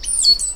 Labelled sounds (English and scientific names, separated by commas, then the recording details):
Stitchbird (Notiomystis cincta) song
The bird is a male
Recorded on Tiritiri Matangi Island, New Zealand, in 2005
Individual 10, of nest box 12